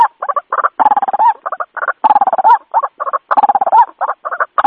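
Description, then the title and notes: White-breasted waterhen calling in rapid bursts of rough croaks alternating with strained, rising squeaky notes, uneven rhythm. Lure call used for attracting waterhens. "Pikat Ruak Jawara. Suara Burung Ruak"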